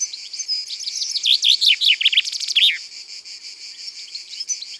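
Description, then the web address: Common chaffinch song: a cascade of bright descending notes lasting about two seconds, ending abruptly, over a constant high-pitched background hiss. "Pinson des arbres. abc de la nature"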